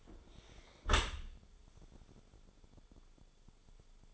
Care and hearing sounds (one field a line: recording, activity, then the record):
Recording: daily activity, microphone in the room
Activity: close dishwasher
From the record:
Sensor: 5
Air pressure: 1015.0 hPa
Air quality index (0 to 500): 137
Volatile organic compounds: 3 ppm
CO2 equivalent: 1482 ppm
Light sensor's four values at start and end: 39/92/37/40 and 37/89/36/40